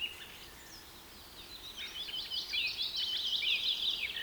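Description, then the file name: Bird chorus building up: faint chirps at first, then a dense, loud stream of rapid twittering and zigzag notes filling the second half. Rain forest. "KPR Sounds - Rain Forest Bird Sounds"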